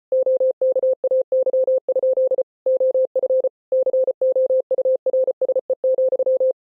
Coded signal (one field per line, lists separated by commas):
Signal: Morse code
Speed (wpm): 33 wpm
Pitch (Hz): 520 Hz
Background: none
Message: OKAY? OF COURSE,